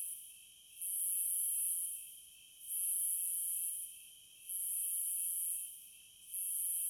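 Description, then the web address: Cicada buzz repeated in even waves, each shrill burst lasting about a second, with a continuous lower insect drone underneath. "Sounds of Nature Collection 30 Cicadas"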